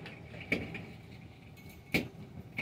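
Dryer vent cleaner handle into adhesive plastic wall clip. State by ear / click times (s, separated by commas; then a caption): seated / 0.5 s, 1.9 s. A dryer vent cleaner brush handle is pressed into adhesive plastic storage clips on a wall inside a 2022 Grand Design Momentum 397TH-R RV. Two sharp snaps at 0.5 s and 1.9 s mark it seating in the clips, with fainter taps and handling noise around them. The handle ends up held firmly in the clips.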